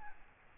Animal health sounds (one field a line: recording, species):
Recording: mosquito wingbeat signal from an infrared sensor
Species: Aedes albopictus